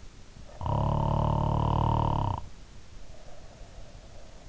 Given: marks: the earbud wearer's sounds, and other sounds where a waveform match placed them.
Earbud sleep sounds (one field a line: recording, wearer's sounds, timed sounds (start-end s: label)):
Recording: sounds in sleep by an in-ear microphone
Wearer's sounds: snoring breath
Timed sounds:
0.36-4.36 s: snoring breath